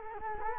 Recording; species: mosquito wingbeat signal from an infrared sensor; Culex quinquefasciatus